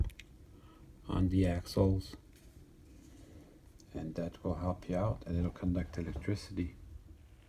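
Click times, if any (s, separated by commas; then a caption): none. A plastic side frame is handled against the truck of an HO scale Proto 2000 S1 Pennsylvania model locomotive after its axles have been oiled, with a few faint handling taps near the start and around 3.8 s. Someone talks throughout. Nothing has seated or snapped into place yet.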